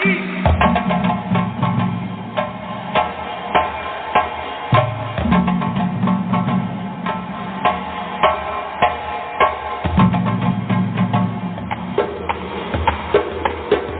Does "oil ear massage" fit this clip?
no